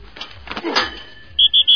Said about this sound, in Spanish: ha dado su pitazo final.